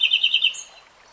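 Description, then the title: Nightingale song fragment: five quick repeated high notes followed by a brief higher flourish, then fading. Nightingale singing, recorded in real time. "[Tiếng chim hót] Nightingale Singing"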